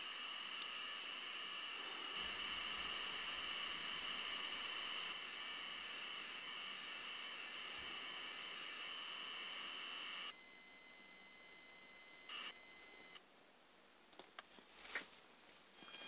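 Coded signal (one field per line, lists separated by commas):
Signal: ZX Spectrum tape loading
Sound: harsh buzzing data hiss for about ten seconds, then quieter hiss and a few clicks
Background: background hiss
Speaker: and there we go it's loaded up right i'll have to stop the mp3 player now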